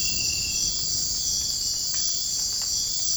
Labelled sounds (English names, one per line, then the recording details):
none
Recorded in dense forest near Puerto Asís, Putumayo, Colombia, on 27 June 2025 at 04:30
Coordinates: 0.481, -76.323
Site G072